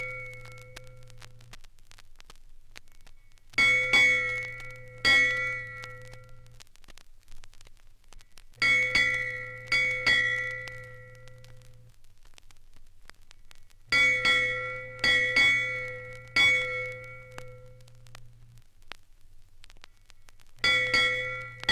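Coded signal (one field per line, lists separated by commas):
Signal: ship's bell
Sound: ringing bell struck in pairs with pauses between, tones sustaining and decaying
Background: record surface noise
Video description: 1. Ship's Bell - 1 to 8 Bells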